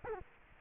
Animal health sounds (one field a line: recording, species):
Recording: mosquito wingbeat signal from an infrared sensor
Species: Culex quinquefasciatus